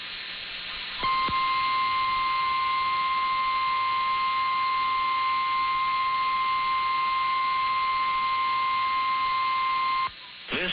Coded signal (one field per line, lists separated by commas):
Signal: Emergency Alert System (SAME) tones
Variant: 853 and 960 Hz attention tone